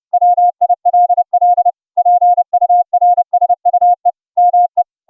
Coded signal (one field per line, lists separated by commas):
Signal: Morse code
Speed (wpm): 30 wpm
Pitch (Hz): 710 Hz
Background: none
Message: WILL PURSUE ME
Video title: QSO'n Morse Code CW over the internet - using the FREE streaming app - ULTRAGRID